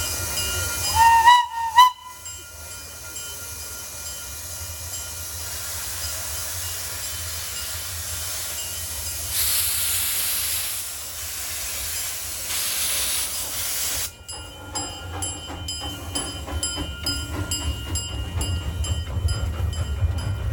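Train sounds at the McCormick-Stillman Railroad Park in Scottsdale, Arizona, open with a bright, wavering whistle-like squeal in the first two seconds. A steady low rumble and hiss follow, swelling briefly around ten seconds, then the sound cuts sharply near fourteen seconds to a clattering, ticking stretch.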